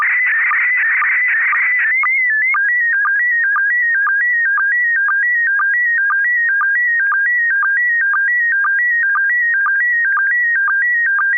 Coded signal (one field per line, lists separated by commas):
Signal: SSTV (slow-scan television)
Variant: PD 120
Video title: N6NA SSTV Net - 08/23/2023